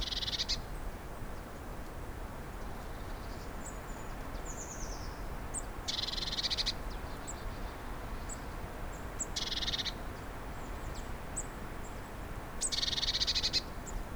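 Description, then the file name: Eurasian blue tit repeating harsh, buzzy churring bursts at intervals of a few seconds, with thin high whistles from other birds between them. "Cyanistes caeruleus"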